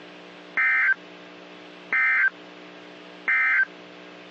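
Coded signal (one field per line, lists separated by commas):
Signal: Emergency Alert System (SAME) tones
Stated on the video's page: NOAA Weather Radio alerts for severe storms, Fort Worth transmitter.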